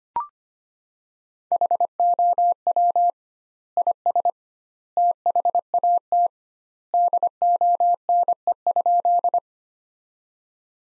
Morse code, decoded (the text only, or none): HOW IS THAT DONE?